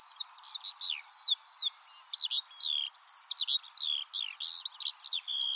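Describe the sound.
Eurasian skylark song, a fast stream of high chirruping, slurred whistles and trills, shifting pitch constantly.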